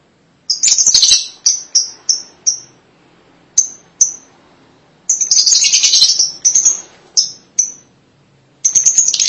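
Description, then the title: Lovebird calls: shrill high chirps in quick bursts, some dense chattering runs, separated by short pauses of quiet. "BM Suara Burung Lovebird"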